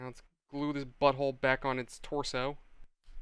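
Someone talks while handling a plastic part of a Gundam model kit, about to press it back onto the torso of the figure. No snap is heard, and nothing has seated or clicked yet.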